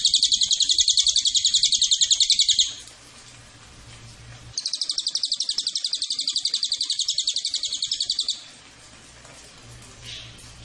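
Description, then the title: Cililin giving two long bursts of rapid, high, sharp notes, separated by a quiet gap. Cililin bird song used as a masteran tutor or pancingan lure for training birds. "MASTERAN SUARA BURUNG CILILIN BISA JUGA PANCINGAN CILILIN"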